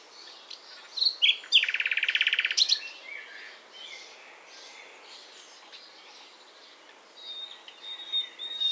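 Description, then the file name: Common nightingale song: a loud burst of rapid, buzzy repeated notes after a few sharp chips, then quieter twittering and a thin high whistle. "Luscinia megarhynchos"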